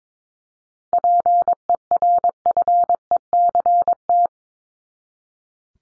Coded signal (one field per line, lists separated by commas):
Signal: Morse code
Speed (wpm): 22 wpm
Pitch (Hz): 700 Hz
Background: none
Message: PERFECT